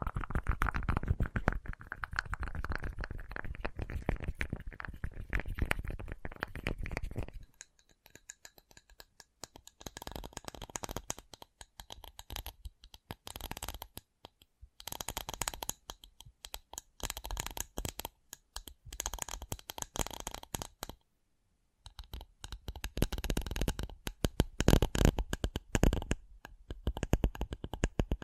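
Rapid, dense tapping runs continuously to about 7 seconds, then turns into sparser, bright clicking bursts with brief pauses, thickening again near 23 seconds.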